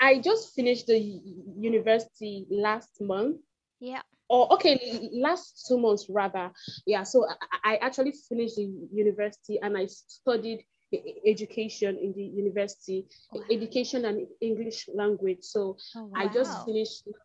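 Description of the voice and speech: A woman speaks with frequent held-out sounds, prolonged vowels and silent pauses mid-phrase: stuttering.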